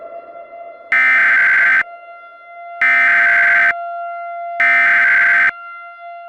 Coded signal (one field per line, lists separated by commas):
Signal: Emergency Alert System (SAME) tones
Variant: header bursts